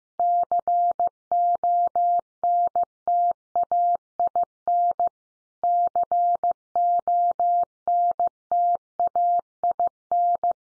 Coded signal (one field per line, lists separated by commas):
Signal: Morse code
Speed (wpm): 14 wpm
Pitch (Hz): 700 Hz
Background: none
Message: CONTAIN CONTAIN